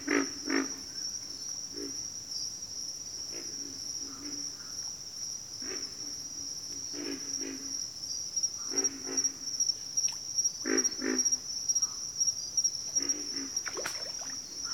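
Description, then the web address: Deep pig frog grunts in scattered pairs and short series, with a persistent high insect buzz underneath. "Nature Songs Nature Sounds Sounds of Nature Collection Pig Frogs"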